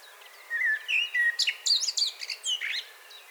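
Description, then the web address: Common blackbird song: mellow whistled notes followed by a rapid jumble of high squeaky twitters, with faint repeated chips behind. "SETE Turdus merula"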